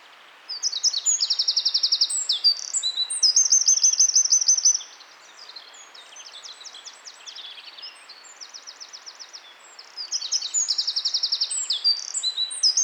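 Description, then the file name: Eurasian wren song: two loud, rapid bursts of high trills and rattling notes, separated by several seconds of quiet background hiss. "Troglodytes troglodytes"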